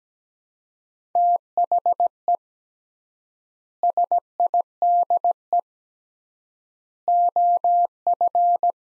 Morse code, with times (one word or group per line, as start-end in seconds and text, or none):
1.2-2.4 THE
3.8-5.6 SIDE
7.1-8.7 OF